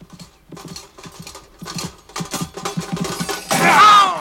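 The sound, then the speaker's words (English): Hooves of horses ridden by knights charging with leveled lances clip-clop in a quickening, uneven gallop that grows louder, then end in a loud, harsh crash with a ringing metallic edge. “Both he and Don Quixote mounted their horses, trotted away to take up position, leveled their lances, and... Charge!”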